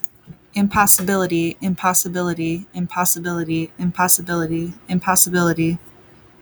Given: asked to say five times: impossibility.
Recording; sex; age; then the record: repeated word; female; 30 to 39 years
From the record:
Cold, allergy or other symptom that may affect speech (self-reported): no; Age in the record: 30 years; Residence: United States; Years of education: 16